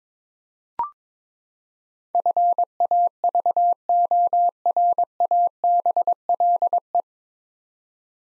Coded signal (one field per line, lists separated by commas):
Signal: Morse code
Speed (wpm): 22 wpm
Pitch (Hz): 700 Hz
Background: none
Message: FAVORABLE